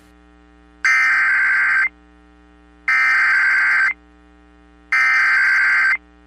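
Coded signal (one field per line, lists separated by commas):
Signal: Emergency Alert System (SAME) tones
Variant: header bursts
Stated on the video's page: Received EAS alerts.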